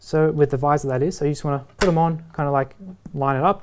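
A plastic visor side pod (pivot cover) is lined up on an Arai RX-7V racing motorcycle helmet shell, ready to be pushed on. Someone talks throughout, with only faint handling sounds underneath. Nothing has seated or clicked yet.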